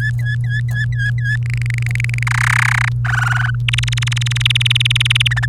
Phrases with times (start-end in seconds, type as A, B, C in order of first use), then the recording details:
0.00-1.36 A, 1.43-2.23 B, 2.27-2.89 C, 3.05-3.50 D, 3.68-5.28 E, 5.31-5.46 F. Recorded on 28 April 2018 at 05:52. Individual llb3